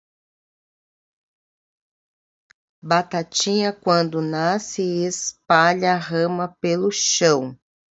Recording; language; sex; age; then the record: short text; Brazilian Portuguese; female; 40 to 49 years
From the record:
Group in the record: control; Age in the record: 49 years